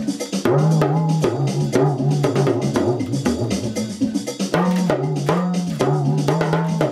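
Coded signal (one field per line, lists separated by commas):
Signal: talking drum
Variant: English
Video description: My Remo Talking drum recites 2 old nursery rhymes; Baa, baa, black sheep, have you any wool?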